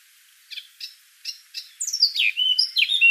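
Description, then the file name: Eurasian blackcap giving several short, hard clicking notes, then breaking into a fast, rich warbling phrase with clear whistled endings. "Sylvia atricapilla"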